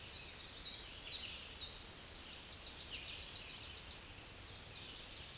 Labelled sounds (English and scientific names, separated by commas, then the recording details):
Tennessee Warbler (Leiothlypis peregrina) song
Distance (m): 15 m
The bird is about 10 m above the microphone
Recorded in a Pennsylvania forest on 16 May 2024 at 07:08
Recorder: AudioMoth, point MSD-0178
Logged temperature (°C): 15.3 °C
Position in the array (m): 72 m, 62 m